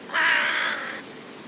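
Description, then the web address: Bird: a single rough, buzzy caw from a bird, loud at the start and tapering away over about a second. "cianscape. Deverinetal 2025. Bird Only"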